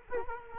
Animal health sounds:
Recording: mosquito wingbeat signal from an infrared sensor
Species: Culex quinquefasciatus

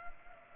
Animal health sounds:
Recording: mosquito wingbeat signal from an infrared sensor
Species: Culex pipiens

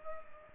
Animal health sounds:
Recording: mosquito wingbeat signal from an infrared sensor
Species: Culex pipiens

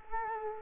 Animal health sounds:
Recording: mosquito wingbeat signal from an infrared sensor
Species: Culex quinquefasciatus

